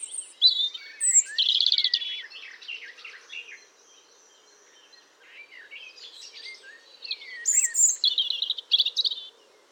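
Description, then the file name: European robin song with sweet, high-pitched warbling phrases and rapid trills, a quiet pause midway before another bright burst of thin whistled notes. "Erithacus rubecula"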